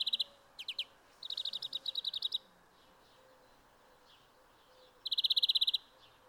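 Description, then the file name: Greenfinch twittering in quick chirping bursts and rolling trills, with a pause before a final loud rapid trill; soft background hiss throughout. "Chloris chloris"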